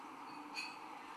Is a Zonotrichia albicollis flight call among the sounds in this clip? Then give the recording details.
no. No flight call is heard. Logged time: 23:39 on 14 December 2014